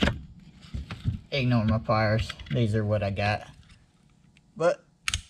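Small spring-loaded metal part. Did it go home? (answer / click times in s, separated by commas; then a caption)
released / 5.1 s. On a Ford 3G alternator being rebuilt, the retaining pin is pulled with needle-nose pliers after the regulator and brush assembly are installed. Someone talks, and then the spring-loaded brushes in the brush holder snap out against the rotor slip ring with a sharp click at 5.1 s. The brushes are released and seated in place.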